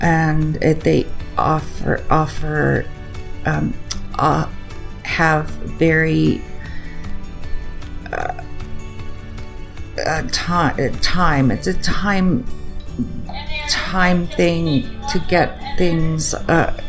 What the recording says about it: Aphasia. My words glitch for me, and in my speech and in my writing. My brain is okay. I just can't speak and write things, the thoughts out.